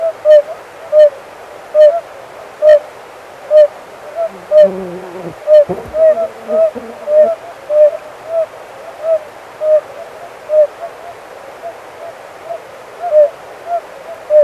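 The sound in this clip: Oriental fire-bellied toads giving soft, tonal mellow notes, several callers overlapping in a steady rhythmic chorus, with a brief low rumbling noise midway.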